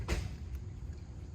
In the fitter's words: Make sure it's secure. It'll latch into place. You'll hear a little click.